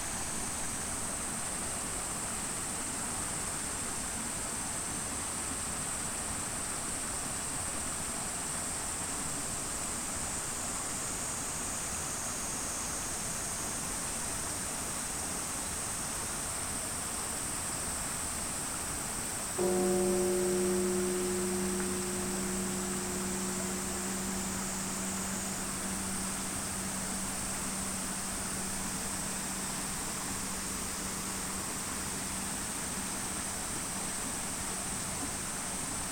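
A field recording from Kyoto: a steady, dense hiss runs throughout, with a high, shrill whine hovering above it. Just before the twenty-second mark a single low, ringing bell-like tone sounds and slowly fades over about six seconds.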